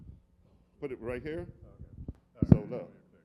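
Someone talks while handling a camera lens at the camera body mount, with a few brief handling knocks around 2.1 s, 2.4 s and 2.5 s. The lens has not seated or clicked into the mount yet.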